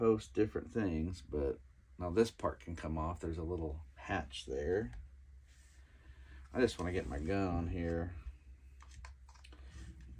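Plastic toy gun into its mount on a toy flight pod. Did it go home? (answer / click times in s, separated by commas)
no / none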